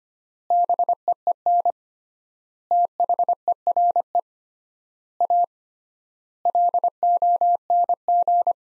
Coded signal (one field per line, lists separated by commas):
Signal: Morse code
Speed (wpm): 25 wpm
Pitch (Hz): 700 Hz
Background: none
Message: BEEN THERE A LONG